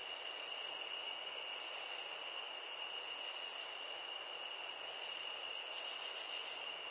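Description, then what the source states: Cricket chorus, a steady unbroken high shrill trilling with a second thinner tone beneath it, holding level throughout with no pauses. Nature ambience of crickets.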